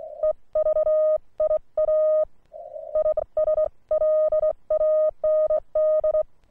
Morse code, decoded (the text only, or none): EVIA ISLAND